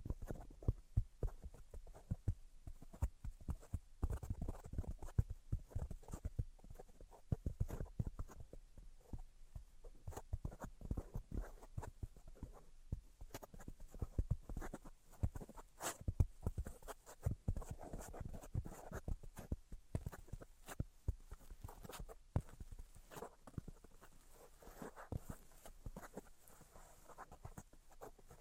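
Dense, irregular tapping and scratching runs through the whole half minute, with quick clicks and knocks arriving several times a second. The hits are mostly low and dull, with softer brushing strokes between them, and the activity thickens around the middle before continuing steadily.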